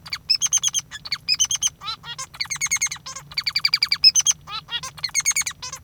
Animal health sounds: song of a male Bengalese finch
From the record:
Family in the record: father 3

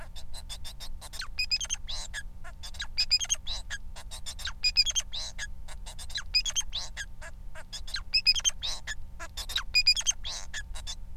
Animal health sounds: song of a male Bengalese finch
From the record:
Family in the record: son of father 4

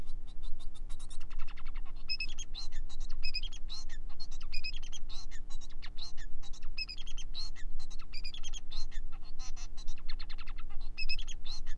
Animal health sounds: song of a male Bengalese finch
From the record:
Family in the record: son of father 4

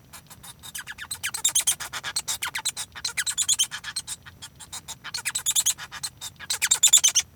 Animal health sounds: song of a male Bengalese finch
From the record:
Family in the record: son of father 1

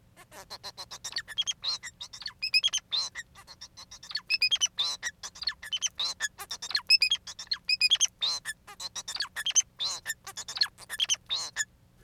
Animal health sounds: song of a male Bengalese finch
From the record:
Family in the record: son of father 4

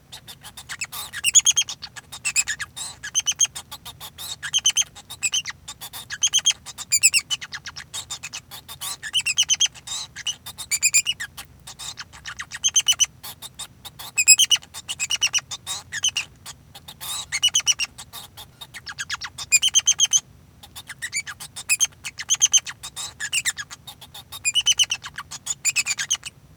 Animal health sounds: song of a male Bengalese finch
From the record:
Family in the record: son of father 2

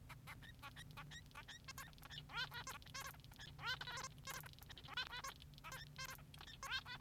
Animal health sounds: song of a male Bengalese finch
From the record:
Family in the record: son of father 3

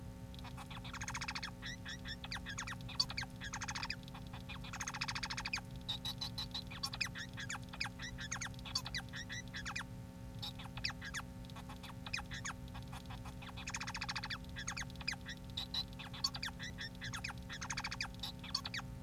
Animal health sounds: song of a male Bengalese finch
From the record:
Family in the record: son of father 4

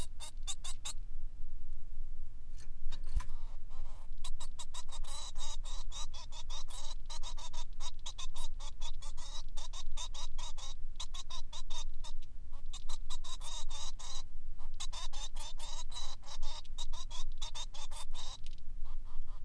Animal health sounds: song of a male Bengalese finch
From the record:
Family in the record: son of father 3

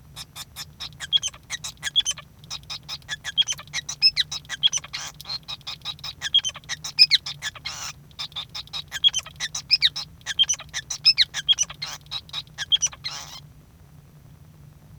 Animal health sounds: song of a male Bengalese finch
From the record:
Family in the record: son of father 5

